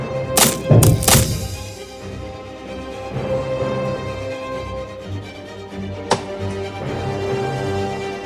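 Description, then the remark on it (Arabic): The wood of a palace being chopped into pieces: several heavy, sharp thwacks come in quick succession at the start, followed by one more lone strike later, all over a steady low droning background. “كل الأخشاب في هذا القصر ستقطع إلى أجزاء.”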